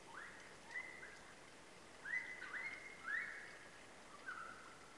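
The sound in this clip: New Zealand kaka giving several rising whistled notes over a steady hiss of background noise.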